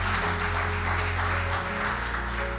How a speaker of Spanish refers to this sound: Y denle un aplauso al Señor por haberlo elegido, por haberlo escogido, por haberlo predestinado, por haberle dado todas las cosas.